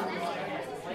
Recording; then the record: coughing mixed with background sound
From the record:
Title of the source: Female coughing - Sound effects